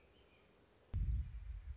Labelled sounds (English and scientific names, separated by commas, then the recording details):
American Robin (Turdus migratorius)
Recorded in Sonoma County, California